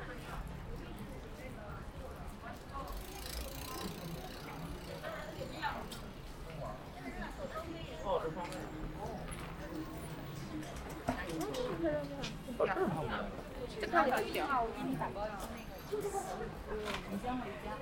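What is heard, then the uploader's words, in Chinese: A walk down a narrow city lane to eat noodles, with steady chatter, clattering steps, a brief hiss near three seconds, and louder voices later. 去香饵胡同吃小面。城市声音。录音时间是2020年11月13日下午。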